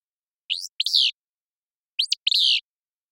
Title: Willow Flycatcher